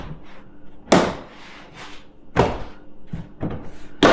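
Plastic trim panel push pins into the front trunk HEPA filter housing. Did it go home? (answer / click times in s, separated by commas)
yes / 0.9 s, 4.0 s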